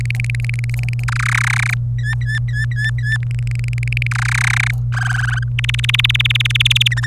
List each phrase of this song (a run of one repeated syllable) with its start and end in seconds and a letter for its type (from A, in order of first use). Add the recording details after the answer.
0.01-1.04 A, 1.08-1.74 B, 1.98-3.17 C, 3.23-4.07 A, 4.11-4.71 B, 4.92-5.43 D, 5.59-6.88 E, 6.91-7.06 F. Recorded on 27 April 2018 at 15:27. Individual llb3